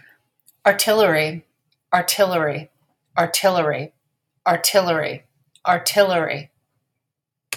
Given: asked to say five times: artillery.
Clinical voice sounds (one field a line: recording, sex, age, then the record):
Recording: repeated word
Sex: female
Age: 50 to 59 years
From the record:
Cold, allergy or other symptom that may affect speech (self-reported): no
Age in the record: 52 years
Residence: Maryland, United States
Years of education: 18